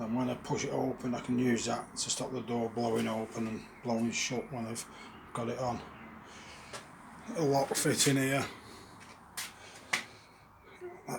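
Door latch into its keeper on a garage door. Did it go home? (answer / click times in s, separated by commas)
yes / 9.9 s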